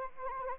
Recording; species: mosquito wingbeat signal from an infrared sensor; Anopheles arabiensis